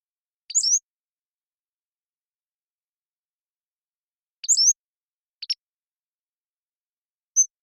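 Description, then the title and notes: Pacific-slope flycatcher: a high slurred squeaky phrase, a long silent gap, a second phrase followed by a short buzzy double note, then a lone thin high whistle. Long song sequence recorded with a parabolic microphone. "Pacific-Slope Flycatcher, Empidonax difficilis A long song sequence"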